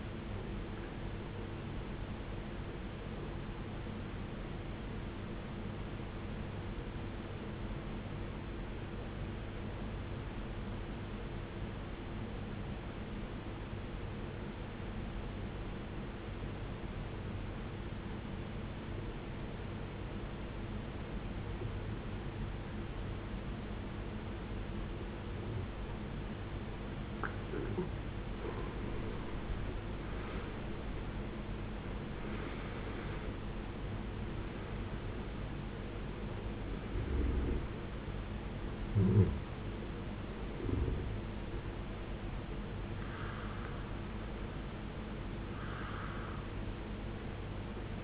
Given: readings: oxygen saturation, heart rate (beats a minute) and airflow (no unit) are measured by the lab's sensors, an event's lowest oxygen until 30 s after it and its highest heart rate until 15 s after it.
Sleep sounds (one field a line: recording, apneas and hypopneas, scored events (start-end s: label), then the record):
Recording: breathing in sleep by a voice recorder at the bedside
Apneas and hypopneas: 1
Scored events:
4.00-29.60 s: obstructive apnea (N1, oxygen 94% highest, then 74% lowest, heart rate 62 at the start, 83 highest)
9.00-39.00 s: new sleep stage, N2 (light sleep)
39.00-48.04 s: new sleep stage, N1 (lightest sleep)
From the record:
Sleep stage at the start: N1 (lightest sleep)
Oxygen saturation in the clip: 75 to 94%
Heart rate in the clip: 54 to 83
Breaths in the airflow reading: 6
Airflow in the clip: -20.7 to 18.1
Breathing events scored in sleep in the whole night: 389 in 6.3 hours asleep